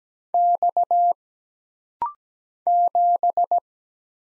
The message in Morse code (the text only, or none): X 7